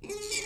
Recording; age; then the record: pig call; weaner (32 to 43 days)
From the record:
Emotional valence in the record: negative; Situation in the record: long isolation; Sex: female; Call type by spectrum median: high-frequency call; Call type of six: high-frequency stable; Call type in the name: high-frequency stable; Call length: 0.47 s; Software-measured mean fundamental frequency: 410 Hz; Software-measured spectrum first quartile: 1137 Hz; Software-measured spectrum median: 3452 Hz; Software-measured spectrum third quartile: 6400 Hz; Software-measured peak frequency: 409 Hz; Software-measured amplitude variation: 154 dB a second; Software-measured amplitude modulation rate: 15.0 a second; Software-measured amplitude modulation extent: 10.2 dB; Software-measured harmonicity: 6.2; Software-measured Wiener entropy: -2.55